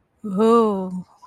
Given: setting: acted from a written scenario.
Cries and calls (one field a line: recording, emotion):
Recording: vocal sound without words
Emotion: romantic love